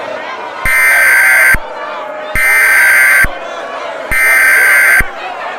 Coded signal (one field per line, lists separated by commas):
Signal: Emergency Alert System (SAME) tones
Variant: header bursts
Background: speech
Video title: EAS Scenario Mini: Gorilla Tag LIV Camera Riots